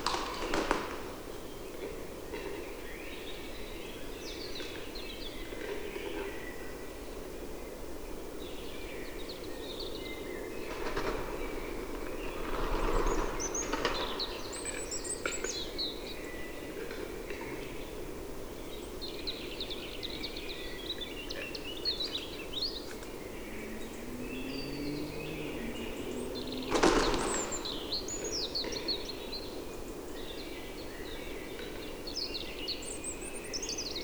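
A capercaillie cock displays in the spring forest, with sharp knocking and popping bursts near the start, around 11 and 14 seconds, and loudest at 27 seconds. Small birds chirp and twitter high up throughout over a steady low rush, with a brief low rising tone near 25 seconds.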